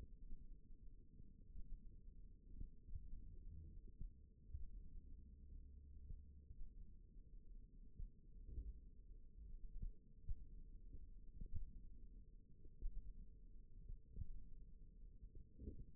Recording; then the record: forearm muscle sounds (acoustic myography)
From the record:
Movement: finger pinch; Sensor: system 1, eight BSWA MPA416 microphones around the upper forearm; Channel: 1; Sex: female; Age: 21 years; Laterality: right